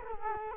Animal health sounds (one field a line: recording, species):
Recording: mosquito wingbeat signal from an infrared sensor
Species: Culex quinquefasciatus